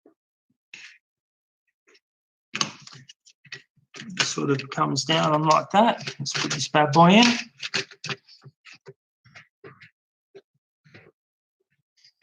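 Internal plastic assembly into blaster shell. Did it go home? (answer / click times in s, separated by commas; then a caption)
no / none. Someone talks while an internal plastic part is handled and lined up inside a blaster shell, with only faint plastic contact taps and light handling sounds around the speech. The part has not yet seated or clicked into place.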